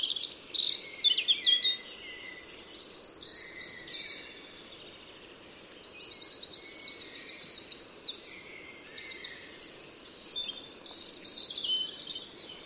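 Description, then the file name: Eurasian wren song, a loud, fast, high-pitched stream of varied notes broken by several rattling trills, continuing almost throughout over steady background hiss. "Troglodytes troglodytes"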